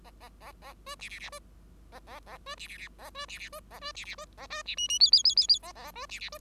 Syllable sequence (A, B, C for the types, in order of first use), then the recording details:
A A A A B C C C B A A A B C C C A B C C B A B C C B A B C D D E E E E E A A B C C B. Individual Bird5